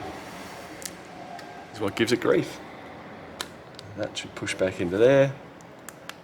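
A small cable connector is handled near its socket while someone talks, with a few short tap-like clicks heard around 0.9, 3.4, 3.8, 5.9, 6.1 and 6.3 seconds. The connector has not yet seated or clicked into its socket.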